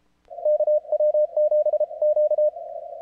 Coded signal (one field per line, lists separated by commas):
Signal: Morse code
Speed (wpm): 33 wpm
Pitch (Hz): 600 Hz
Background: radio noise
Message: KW7Q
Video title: CWOPS 4TH OF JULY FUN